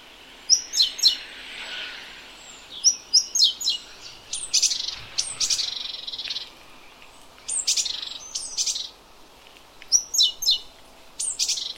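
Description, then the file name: Great tit calls, high thin notes followed by harsh buzzy churring bursts in irregular clusters, repeated throughout over a quiet background. "Parus major"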